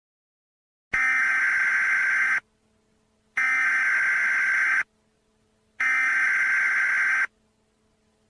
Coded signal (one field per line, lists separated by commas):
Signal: Emergency Alert System (SAME) tones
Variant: header bursts